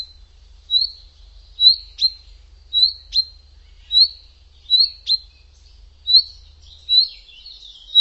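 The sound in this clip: Bird calls: a clear high whistled note repeated about ten times, with a low hum underneath.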